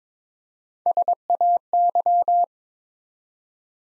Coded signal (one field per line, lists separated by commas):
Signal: Morse code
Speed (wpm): 22 wpm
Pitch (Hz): 700 Hz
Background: none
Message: SAY